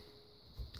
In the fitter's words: and then it should just click into place you'll hear that little noise